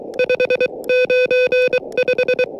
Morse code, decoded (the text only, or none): 595